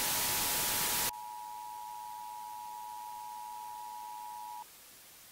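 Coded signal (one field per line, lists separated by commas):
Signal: Emergency Alert System (SAME) tones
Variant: 853 and 960 Hz attention tone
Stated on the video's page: Simulated EAS scenario made in Rec Room.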